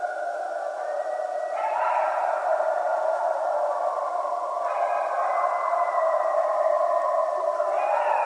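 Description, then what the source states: Coyotes in a chorus of overlapping sustained howls, tones holding level then jumping up in pitch, continuing without a break for about eight seconds. Several coyotes, recorded 14 January 2012.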